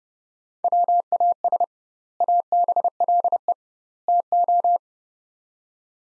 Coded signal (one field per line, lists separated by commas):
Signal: Morse code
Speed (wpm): 30 wpm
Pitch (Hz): 700 Hz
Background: none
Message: WAS ABLE TO